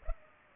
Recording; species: mosquito wingbeat signal from an infrared sensor; Culex pipiens